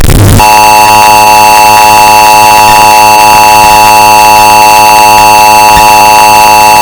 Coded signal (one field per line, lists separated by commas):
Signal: Emergency Alert System (SAME) tones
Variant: 853 and 960 Hz attention tone